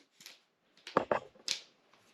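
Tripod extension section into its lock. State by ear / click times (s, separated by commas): seated / 1.5 s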